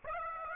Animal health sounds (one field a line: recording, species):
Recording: mosquito wingbeat signal from an infrared sensor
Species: Aedes aegypti